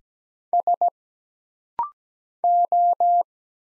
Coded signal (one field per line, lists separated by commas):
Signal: Morse code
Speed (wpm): 17 wpm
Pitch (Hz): 700 Hz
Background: none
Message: S O